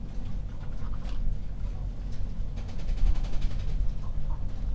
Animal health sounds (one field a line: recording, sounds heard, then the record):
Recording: poultry house recording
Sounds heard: sick chickens (respiratory disease)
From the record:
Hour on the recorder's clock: 22